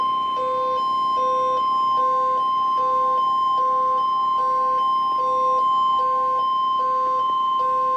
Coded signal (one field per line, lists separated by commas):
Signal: Emergency Alert System (SAME) tones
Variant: 1050 Hz attention tone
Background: music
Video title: (EAS #226) Severe Thunderstorm Warning for Stephenson, Illinois